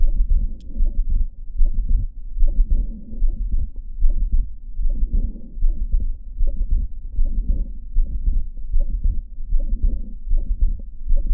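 Heart by stethoscope, pulmonic area, in atypical mitral valve prolapse. Musical murmur with normal S2 splitting: the second sound splits into two components on inspiration and is single on expiration.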